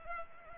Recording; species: mosquito wingbeat signal from an infrared sensor; Culex pipiens